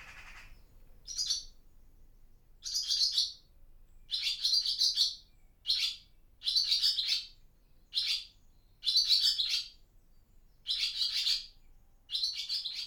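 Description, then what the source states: Barn swallow twittering, high chattering bursts of rapid notes repeated many times, with short quiet gaps between. Parent chatting to chicks at the nest in a barn in Ireland.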